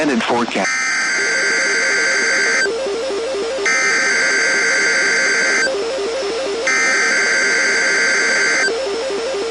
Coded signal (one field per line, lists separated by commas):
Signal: Emergency Alert System (SAME) tones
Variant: header bursts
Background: speech